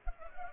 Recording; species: mosquito wingbeat signal from an infrared sensor; Culex pipiens